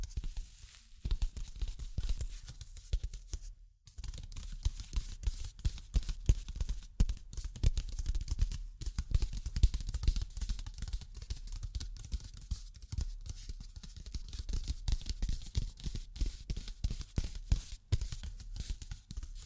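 Tapping and scratching sounds run through the whole recording as dense, irregular clicks and short scrapes, heaviest in the low end with bright ticks on top. A brief pause comes near the start and another just before four seconds, then the busy, uneven tapping continues without letting up.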